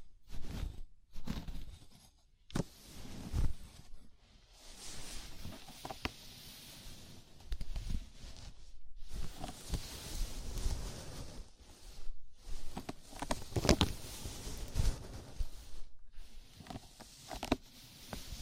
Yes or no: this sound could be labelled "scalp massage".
yes